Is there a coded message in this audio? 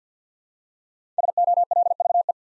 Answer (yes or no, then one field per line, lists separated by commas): yes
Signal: Morse code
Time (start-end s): 1.2-2.3 s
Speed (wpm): 50 wpm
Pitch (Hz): 700 Hz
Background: none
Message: SOLVE